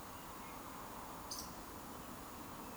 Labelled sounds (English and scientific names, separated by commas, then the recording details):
Eurasian Woodcock (Scolopax rusticola) whistle
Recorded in Baden-Württemberg, Germany, on 30 June 2020 at 19:29 UTC
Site 46046, 702 m above sea level